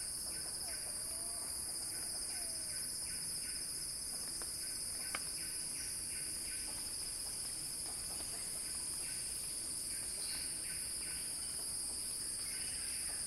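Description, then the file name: Cicada holds a dense high drone while shorter buzzy phrases repeat in rapid series. Cicada song building in a crescendo. "Axel-Drioli Cicada-Crescendo-Sounding-Wild"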